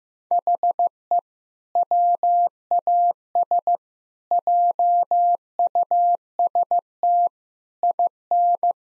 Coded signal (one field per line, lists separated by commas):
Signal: Morse code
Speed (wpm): 15 wpm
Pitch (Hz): 700 Hz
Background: none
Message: HE WAS JUST IN